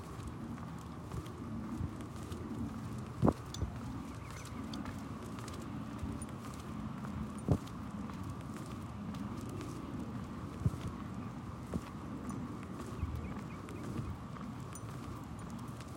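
Walking through streets in Central Phoenix, with a steady low rumble of traffic and a constant hum underneath. Scattered sharp knocks and taps stand out, the loudest near three and seven seconds, along with light footsteps and occasional soft clatter.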